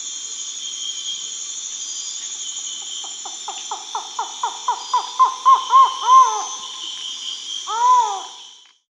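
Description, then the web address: Collared forest-falcon series of short hollow notes, growing louder over about three seconds, then a longer drawn-out note, with a constant high-pitched hiss behind. South America. "Natures Songs S America Collared Forest-Falcon"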